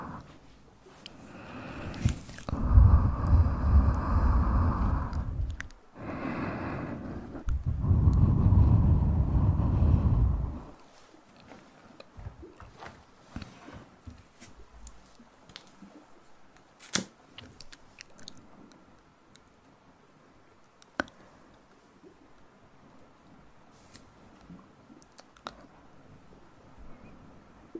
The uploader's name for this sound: play with your ears